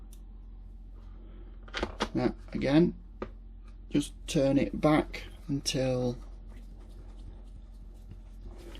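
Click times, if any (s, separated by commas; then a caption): 8.8 s. A small self-tapping case screw is turned backwards into the plastic post of a Flysky FS-ST8 RC transmitter housing while someone talks. Near the end, at 8.8 s, a faint click is heard as the screw's thread drops into the original cut, so the delicate post is not re-cut with a second groove. The screw is seated.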